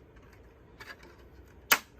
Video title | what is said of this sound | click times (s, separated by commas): Dyson V15 - Setting Up, How To Insert Wall Mount Charger, Why We Bought It, V8 V10 Comparison & More | And then it clicks into place. | 1.7 s